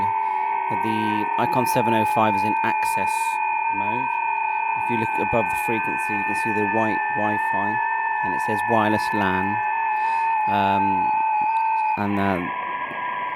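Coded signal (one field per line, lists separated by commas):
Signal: FT8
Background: speech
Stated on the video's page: FT8 from an ICOM IC-705 operated wirelessly from a laptop with RS-BA1 software.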